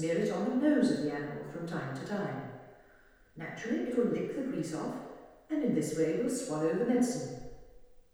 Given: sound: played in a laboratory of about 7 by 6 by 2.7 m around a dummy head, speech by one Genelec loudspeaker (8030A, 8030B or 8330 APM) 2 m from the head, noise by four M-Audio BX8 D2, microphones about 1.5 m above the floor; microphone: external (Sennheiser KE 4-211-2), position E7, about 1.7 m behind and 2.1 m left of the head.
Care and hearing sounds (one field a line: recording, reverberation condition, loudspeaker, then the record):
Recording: female speech in English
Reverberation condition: high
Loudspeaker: 60 degrees to the right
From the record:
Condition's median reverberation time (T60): about 1300 ms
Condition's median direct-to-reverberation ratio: about -4.0 dB